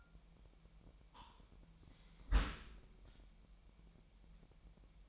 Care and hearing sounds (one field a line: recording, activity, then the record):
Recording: daily activity, microphone in the room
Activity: close dishwasher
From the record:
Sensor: 1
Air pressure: 998.3 hPa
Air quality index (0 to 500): 138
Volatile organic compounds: 4 ppm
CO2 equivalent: 1662 ppm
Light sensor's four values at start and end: 16/55/22/22 and 16/55/22/22